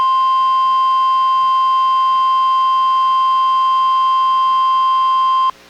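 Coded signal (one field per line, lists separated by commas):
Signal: Emergency Alert System (SAME) tones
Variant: 1050 Hz attention tone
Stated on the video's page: NWR required weekly test from NWS Portland relayed by KEC91 Astoria, received on a Reecom R-1630 weather radio and recorded with a Zoom H1.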